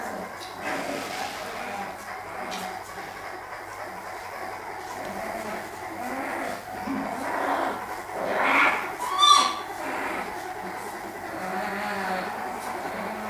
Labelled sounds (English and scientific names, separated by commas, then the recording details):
Brown Bear (Ursus arctos) call
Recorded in captivity
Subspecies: middendorffi
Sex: diverse
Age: juvenile
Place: Zoo Rostock, Mecklenburg-Vorpommern, DE
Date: 1984-02-04
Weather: overcast, 3-6°C
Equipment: Nagra SN, Kopie Uher 4000 Report Monitor
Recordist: Tembrock, Günter